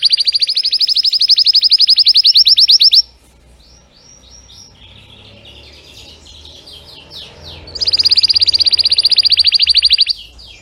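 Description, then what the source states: Canary song: a fast high trill for three seconds, then soft varied twittering, then another loud rapid rolled trill near the end. Singing Belgian canary, red frosted colour variety.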